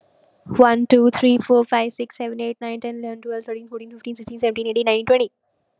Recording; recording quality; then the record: counting at a fast pace; excellent, no background noise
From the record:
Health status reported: COVID-19 positive, no symptoms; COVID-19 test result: positive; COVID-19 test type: RT-PCR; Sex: female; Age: 22 years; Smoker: no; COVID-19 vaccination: both doses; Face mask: not worn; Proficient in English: yes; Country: India